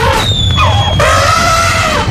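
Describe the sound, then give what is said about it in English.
A herd of elephants trumpeting as a sound effect in a radio advertisement, several loud, brassy blasts overlapping with wavering, sliding pitch over a low rumble, filling about two seconds with no one speaking. “We need fireworks, a herd of elephants, and a choir of angels.”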